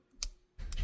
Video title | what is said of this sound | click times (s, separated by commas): Olight Odin S MLOK Weapon Light Unboxing | Clicks in and out uh that's how you lock it down once you get it installed | 0.2 s, 0.7 s